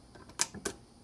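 During the top-end reassembly of a Honda XR100 motorcycle engine, a metal tensioner spring is pulled up with needle-nose pliers or hemostats onto its perch. Faint scraping leads into two sharp metallic snaps at 0.4 s and 0.7 s as the spring locks in place on the perch, seated.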